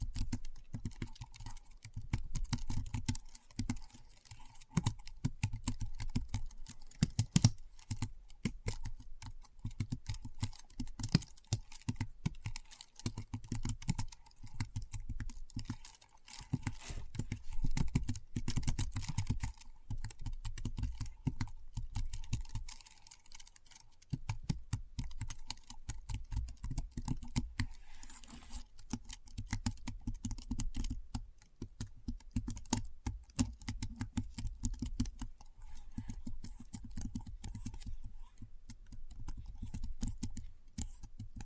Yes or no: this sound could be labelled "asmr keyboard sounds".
yes